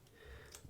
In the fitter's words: We're going to push the plate closed. It'll lock into place.